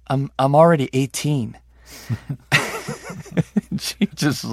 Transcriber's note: laughter